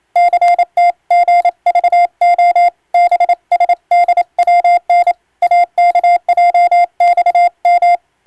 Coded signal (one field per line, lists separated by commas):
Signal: Morse code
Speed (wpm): 27 wpm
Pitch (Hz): 700 Hz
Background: none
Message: CTGVO BSDWN AKJXM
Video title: 【船舶無線通信士】昔懐かしい船舶通信士がエレキーで打つ欧文無線電報！無線通信士の国家試験の練習風景です。令和の今でも電気通信術と言うモールスの実技試験があります。morse code practice